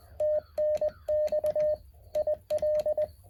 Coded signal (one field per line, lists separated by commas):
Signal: Morse code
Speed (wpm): 20 wpm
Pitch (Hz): 610 Hz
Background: radio noise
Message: TNX IL